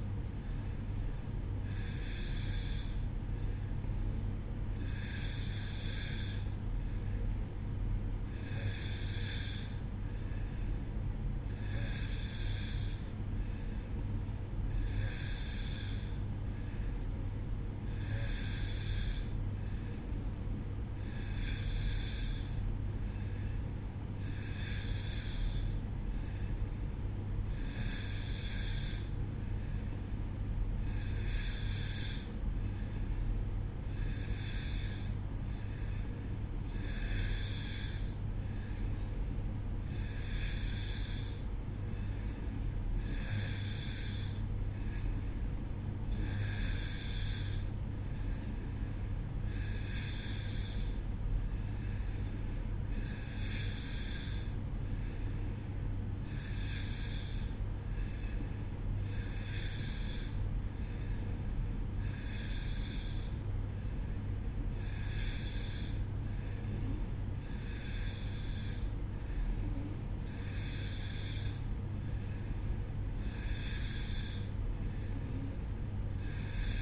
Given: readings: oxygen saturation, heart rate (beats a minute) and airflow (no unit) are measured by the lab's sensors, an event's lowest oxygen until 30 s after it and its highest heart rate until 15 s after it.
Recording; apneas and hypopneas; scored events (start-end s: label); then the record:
breathing in sleep by a smartphone at the bedside; none
none scored
From the record:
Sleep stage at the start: N2 (light sleep); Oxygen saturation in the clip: 90 to 91%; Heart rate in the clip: 62 to 66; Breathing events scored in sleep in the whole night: 305 in 9.6 hours asleep